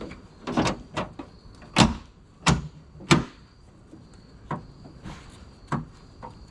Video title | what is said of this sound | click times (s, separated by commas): Suzuki Carry - Front Bumper Removal + Refinish (DD51T) | look at that all clicks into place anyways looks good | 3.1 s, 4.5 s, 5.7 s